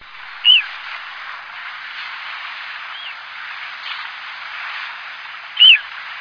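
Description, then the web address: Bird giving two short, sharp high chirps about five seconds apart, with a few fainter chirps between, over a steady hiss. Recorded in Higashiosaka, Japan. "higashiosaka bird koe"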